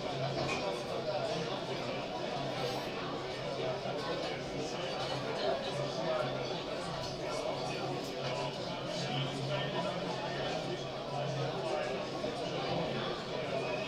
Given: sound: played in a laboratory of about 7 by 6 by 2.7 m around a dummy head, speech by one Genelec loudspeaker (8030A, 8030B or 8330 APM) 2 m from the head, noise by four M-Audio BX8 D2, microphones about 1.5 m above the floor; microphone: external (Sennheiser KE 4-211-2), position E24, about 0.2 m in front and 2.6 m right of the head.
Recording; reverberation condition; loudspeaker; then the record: cafeteria noise; low; four, about 170 cm from the corners of the room and facing them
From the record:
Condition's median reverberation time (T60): about 310 ms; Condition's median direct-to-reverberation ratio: about 3.5 dB